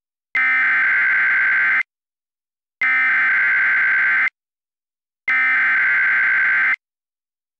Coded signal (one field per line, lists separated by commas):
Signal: Emergency Alert System (SAME) tones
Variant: header bursts